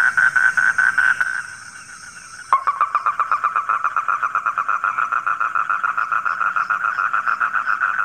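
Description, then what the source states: Frog calls, a rapid pulsed trill that pauses briefly and then resumes as steady, quick repeated notes. Frogs calling at night.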